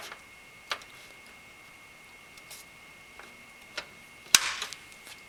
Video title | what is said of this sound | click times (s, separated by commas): NZXT Phantom 630 Overview, Benchmarks and Installation Tutorial at HiTechLegion.com | and click into place and the drive is secured into place | 4.4 s